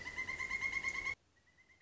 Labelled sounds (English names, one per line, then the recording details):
Pileated Woodpecker
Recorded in Sonoma County, California